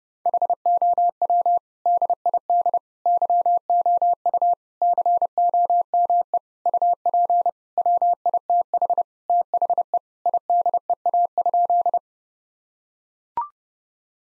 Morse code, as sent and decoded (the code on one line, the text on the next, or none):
.... --- .-- / -.. .. -.. / -.-- --- ..- / -.-. --- -- . / ..- .--. / .-- .. - .... / - .... . / .. -.. . .- ..--..
HOW DID YOU COME UP WITH THE IDEA?